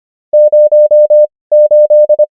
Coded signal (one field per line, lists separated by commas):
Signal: Morse code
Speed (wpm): 25 wpm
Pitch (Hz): 600 Hz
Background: none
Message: 0 8